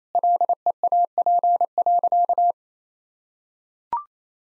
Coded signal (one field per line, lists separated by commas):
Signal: Morse code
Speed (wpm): 27 wpm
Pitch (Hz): 700 Hz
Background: none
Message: LEAP.